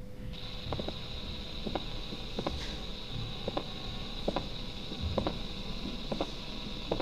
Diastolic knock.